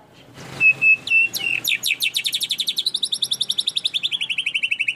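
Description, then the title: Canary song opening with a few clear whistled notes, then a long, fast, high trill that slides slightly lower toward the end. Long-duration canary song used as a master (tutor) for training songbirds. "Kicauan Kenari Durasi Panjang"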